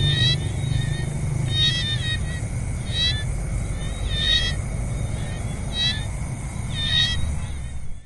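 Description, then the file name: Frogs calling in short, harmonic, croaking bursts repeated every second or two over a steady low rumble of traffic. Recorded at night beside a pond in Siem Reap, Cambodia, with cars audible in the background. "Cambodia Siem Reap Night By Pond Frogs Cars People in Background"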